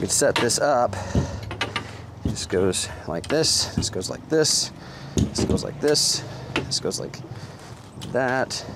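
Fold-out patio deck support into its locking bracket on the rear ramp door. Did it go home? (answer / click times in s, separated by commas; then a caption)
no / none. Someone talks while raising a fold-out patio deck support one-handed toward its locking bracket on the rear ramp door of a 2022 Momentum G Class 21G toy hauler, with a cluster of sharp knocks near 1.5–1.8 seconds amid the handling. Nothing has seated yet; the support has not locked into place by the end.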